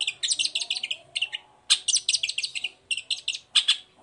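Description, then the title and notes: Long-tailed shrike song: dense clusters of rapid, scratchy, high chirps in several bursts separated by short pauses. Cendet in morning song with varied 'toet toet' phrases, used as a lure to provoke other long-tailed shrikes into answering. "Langsung NYAUTTTTT ! Cendet Gacor Dor Di Kala Pagi Toet Toet Variasi Suara. Pancingan Emosi Cendet Gacor Full Variasi Toet Toet Bikin Nyaut Cendet Lain Langsung Ikutan Bunyi. Burung cendet"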